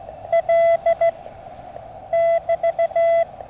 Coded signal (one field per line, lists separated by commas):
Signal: Morse code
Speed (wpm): 14 wpm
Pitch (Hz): 670 Hz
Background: none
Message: L <BT>